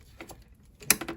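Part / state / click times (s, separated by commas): fuel pipe quick connector onto fuel filter housing / seated / 0.9 s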